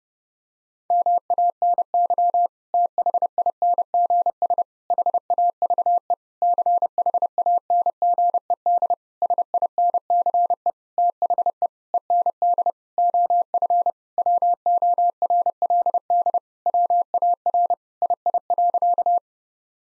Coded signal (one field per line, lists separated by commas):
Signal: Morse code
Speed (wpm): 30 wpm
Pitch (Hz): 700 Hz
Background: none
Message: MANY THINGS HAVE CHANGED SINCE THE END OF WORLD WAR II.